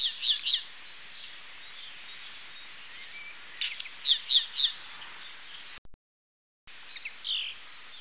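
Common linnet twittering song in short, quick chattering phrases, three bursts separated by pauses, over constant high-pitched hiss; a brief dropout of sound midway.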